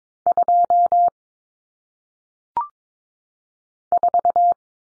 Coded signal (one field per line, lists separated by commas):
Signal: Morse code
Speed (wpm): 22 wpm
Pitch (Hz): 700 Hz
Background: none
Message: 2 4